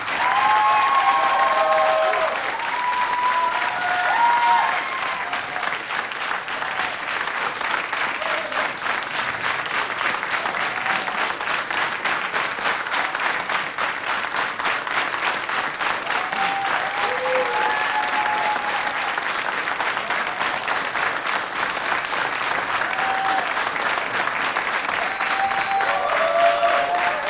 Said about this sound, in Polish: Dziękujemy bardzo. Bardzo nam miło. Nie wiem, czy przez te lata dobrze odczytujemy takie brawa, ale to chyba znaczy, że możemy jeszcze wam coś zagrać, nie?